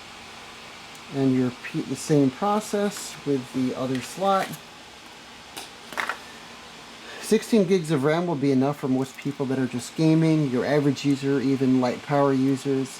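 The second 16 GB SO-DIMM memory stick is pressed down into its memory slot in a Razer Blade 15 Advanced 4K laptop, with two sharp clicks at 6.0 s and 6.1 s as it seats. Someone talks before and after the clicks over a low steady hum.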